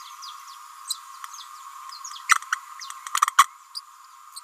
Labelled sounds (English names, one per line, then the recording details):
Green-rumped Parrotlet babbling
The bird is a female
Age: 29 days
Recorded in a nest box in Venezuela
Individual 17B31A3